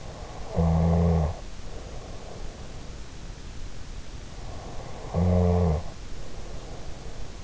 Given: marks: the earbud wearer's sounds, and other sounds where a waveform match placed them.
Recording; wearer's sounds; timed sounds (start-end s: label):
sounds in sleep by an in-ear microphone; snoring breath
0.33-2.85 s: snoring breath
4.79-7.44 s: snoring breath